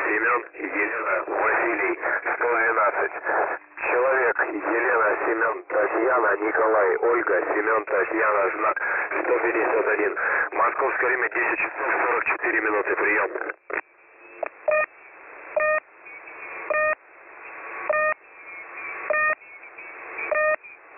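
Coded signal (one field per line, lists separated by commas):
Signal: coded military voice message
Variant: The Pip (S30), Russian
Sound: a male voice reads a message over radio, then short repeated pips resume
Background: radio static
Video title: The Pip voice message (December 21, 2020 07:42 UTC)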